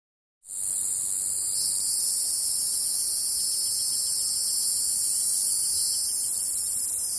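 Cicada song beginning after a brief silence, then a steady, high-pitched buzzing drone with no pauses.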